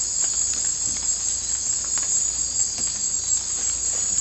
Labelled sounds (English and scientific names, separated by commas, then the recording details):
none
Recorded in dense forest near Puerto Asís, Putumayo, Colombia, on 18 December 2024 at 01:30
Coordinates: 0.466, -76.327
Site G075